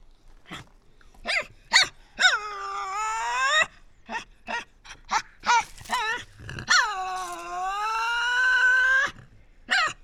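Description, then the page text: Tasmanian devil calls: many short sharp calls mixed with two drawn-out whining wails, the second long and wavering. Resident devils in an enclosure at the Devils@Cradle conservation facility, Cradle Mountain, Tasmania, on October 24, 2007, discussing who has priority. "Birdsong for the Curious Naturalist. Tasmanian devil. Inside an enclosure at the world-class conservation facility at Cradle Mountain, Tasmania"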